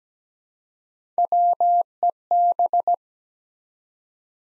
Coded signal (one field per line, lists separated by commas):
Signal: Morse code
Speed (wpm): 17 wpm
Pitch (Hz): 700 Hz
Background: none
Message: WEB